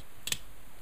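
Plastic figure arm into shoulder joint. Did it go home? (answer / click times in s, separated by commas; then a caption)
yes / 0.3 s. A plastic action figure's arm is folded around and pushed into its shoulder joint during transformation, and two sharp plastic clicks are heard at 0.3 s and 0.3 s (0.27 s and 0.32 s) as the arm seats in place. No talking is heard.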